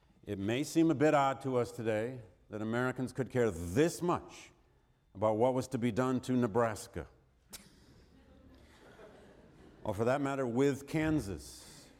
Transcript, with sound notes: It may seem a bit odd to us today that Americans could care this much about what was to be done to Nebraska, [laughter] or for that matter with Kansas.